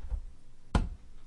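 A bare SATA hard drive is pushed down into a USB docking station and its connector seats with a single sharp click at 0.8 s, confirmed in place with the eject button popped up and the drive feeling firm. Before the click there is only a faint low rumble, and a quiet tail follows it.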